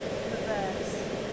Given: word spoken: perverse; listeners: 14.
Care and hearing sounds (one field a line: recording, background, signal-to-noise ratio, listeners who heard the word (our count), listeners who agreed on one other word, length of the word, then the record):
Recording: one English word in noise, from a listening test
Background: speech-shaped noise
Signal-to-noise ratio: -4.5 dB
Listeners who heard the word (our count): 2 of 14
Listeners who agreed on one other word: 9 of 14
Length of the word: 0.93 s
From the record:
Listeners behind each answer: 9, 2, 1, 1, 1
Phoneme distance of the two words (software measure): 20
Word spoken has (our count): 2 syllables, 5 phonemes, stress on syllable 2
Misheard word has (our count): 2 syllables, 5 phonemes, stress on syllable 2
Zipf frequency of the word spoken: 3.13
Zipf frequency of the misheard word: 4.15